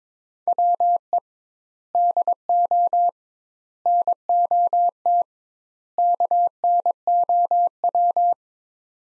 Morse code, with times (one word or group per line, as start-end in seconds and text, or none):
0.5-1.2 WE
1.9-3.1 DO
3.9-5.2 NOT
6.0-8.3 KNOW